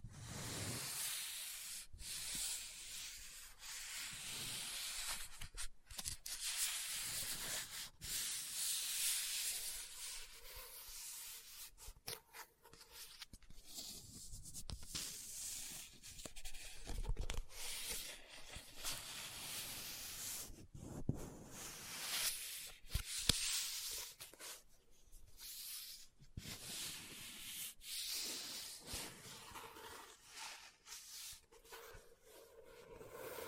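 Book tapping, scratching and page turning: dry, hissy scratching and rubbing sounds fill most of the clip, rising and falling in uneven bursts. Sharp taps and clicks cut through every second or two at an irregular pace, with a few brief quieter pauses.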